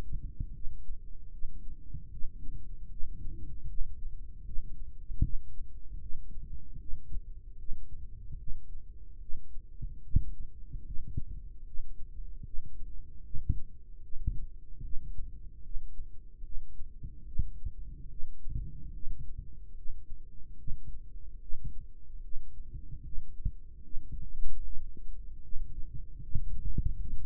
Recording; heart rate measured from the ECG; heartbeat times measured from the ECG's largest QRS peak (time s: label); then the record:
heart sounds by microphone in the right ear; 75 bpm
0.54 s: heartbeat
1.32 s: heartbeat
2.12 s: heartbeat
2.91 s: heartbeat
3.69 s: heartbeat
4.46 s: heartbeat
5.23 s: heartbeat
6.01 s: heartbeat
6.80 s: heartbeat
7.59 s: heartbeat
8.39 s: heartbeat
9.21 s: heartbeat
10.04 s: heartbeat
10.86 s: heartbeat
11.66 s: heartbeat
12.45 s: heartbeat
13.24 s: heartbeat
14.03 s: heartbeat
14.83 s: heartbeat
15.64 s: heartbeat
16.44 s: heartbeat
17.27 s: heartbeat
18.10 s: heartbeat
18.94 s: heartbeat
19.77 s: heartbeat
20.59 s: heartbeat
21.41 s: heartbeat
22.23 s: heartbeat
23.05 s: heartbeat
23.84 s: heartbeat
24.64 s: heartbeat
25.43 s: heartbeat
26.23 s: heartbeat
27.00 s: heartbeat
From the record:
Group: healthy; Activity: cold pressor test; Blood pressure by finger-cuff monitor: 105/72 mmHg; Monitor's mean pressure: 83 mmHg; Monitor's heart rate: 74 bpm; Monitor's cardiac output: 3.6 L/min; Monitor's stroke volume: 48 mL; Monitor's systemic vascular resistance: 1660 dyn s/cm5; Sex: male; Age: 55 years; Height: 167 cm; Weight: 57.2 kg